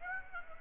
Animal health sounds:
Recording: mosquito wingbeat signal from an infrared sensor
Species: Aedes aegypti

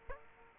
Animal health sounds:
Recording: mosquito wingbeat signal from an infrared sensor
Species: Aedes aegypti

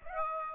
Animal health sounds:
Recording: mosquito wingbeat signal from an infrared sensor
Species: Aedes aegypti

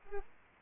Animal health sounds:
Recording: mosquito wingbeat signal from an infrared sensor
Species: Culex pipiens

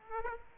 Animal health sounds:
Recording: mosquito wingbeat signal from an infrared sensor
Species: Aedes aegypti

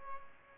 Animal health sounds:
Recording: mosquito wingbeat signal from an infrared sensor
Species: Aedes aegypti

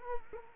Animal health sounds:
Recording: mosquito wingbeat signal from an infrared sensor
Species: Culex quinquefasciatus

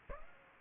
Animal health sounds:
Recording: mosquito wingbeat signal from an infrared sensor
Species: Aedes aegypti

